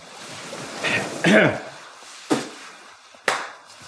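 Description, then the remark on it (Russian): Rough surf roars steadily on a beach during a storm on the Black Sea while a swelling wash builds early on, then two sharp, loud wave crashes break about a second apart over a windy, hissing background. “Увеличивался и шторм. Иные волны добирались до самых ног отца.”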